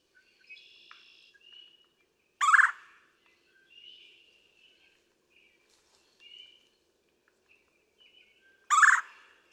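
Red-bellied woodpecker with two harsh, rolling churrs about six seconds apart, while softer whistled notes from other birds fill the gaps.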